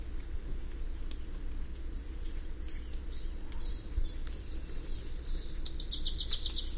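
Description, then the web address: Wilson's warbler song: a quick burst of bright, evenly spaced chips near the end, over steady background noise. North America; among common western species. "Songs of Birds of North America Know Your Bird Sounds Common Western Species. Wilsons Warbler"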